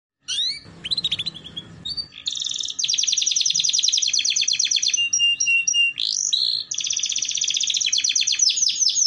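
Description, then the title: Canary song opening with scattered chirps and a short noisy burst, then long fast buzzy trills broken by brief pauses and changes of phrase. Belgian canary song played to warm up canaries and stimulate singing, and as a tutor for young canaries learning the sound. "Canto Para Esquentar Canário Belga. Terapi Pancingan Suara Kenari Gacor || Masteran Kenari Paud Belajar Bunyi"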